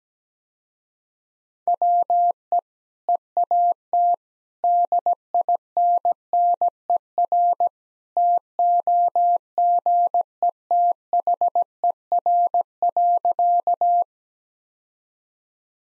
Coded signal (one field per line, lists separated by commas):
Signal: Morse code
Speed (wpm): 17 wpm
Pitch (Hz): 700 Hz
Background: none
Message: WE EAT DINNER TOGETHER.